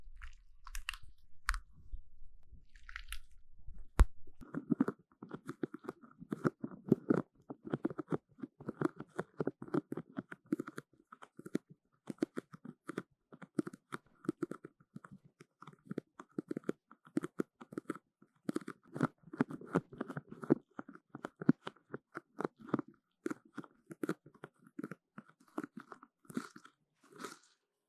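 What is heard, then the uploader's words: Sticky sounds: wet, tacky peeling and squelching, starting around four seconds and continuing densely to the end. Quick, irregular clicks and smacks pile on each other with a crunchy, chewing-like texture. Before that, a low hum and a few brief ticks. 黏答答的聲音 | Sticky Sounds. No Talking.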